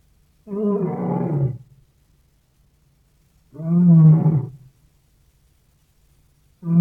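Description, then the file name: Lion giving low, rumbling roars, two full calls about three seconds apart with another starting at the end; no other sounds. "Golosa ptic i zverei - Lev"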